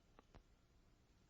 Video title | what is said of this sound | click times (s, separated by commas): 01Eco Block Training | when you hear the click you know it's secure | 0.2 s, 0.4 s